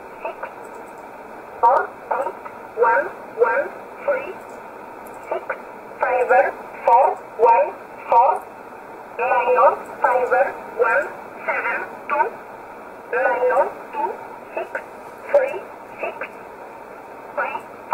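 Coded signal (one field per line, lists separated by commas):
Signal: numbers station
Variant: E11 Oblique, English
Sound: a female-sounding voice reading short single words in steady groups over radio hiss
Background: radio static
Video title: 11 10 2019 E11 Oblique Numbers station in English 1008 on 7317 unknown tx site in USB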